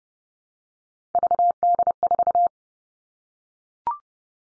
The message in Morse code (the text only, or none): VD4